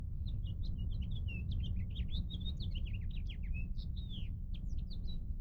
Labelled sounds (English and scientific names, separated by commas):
House Finch (Haemorhous mexicanus) song